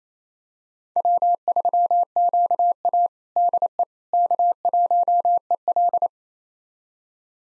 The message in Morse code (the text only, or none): W3QA DE K1EL